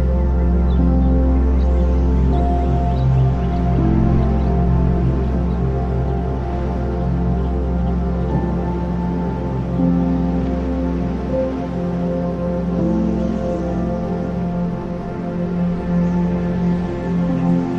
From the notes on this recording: wind-swept summer countryside, with ambient sounds and beautiful ambient music